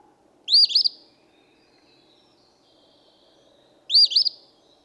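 Eastern phoebe: two clear, burry 'fee-bee' phrases about three and a half seconds apart, little else audible.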